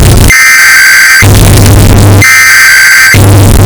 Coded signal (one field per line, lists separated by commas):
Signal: Emergency Alert System (SAME) tones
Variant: header bursts